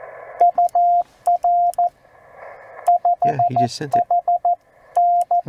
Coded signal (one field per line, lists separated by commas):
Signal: Morse code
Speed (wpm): 14 wpm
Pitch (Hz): 710 Hz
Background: speech, radio noise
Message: UR 5HN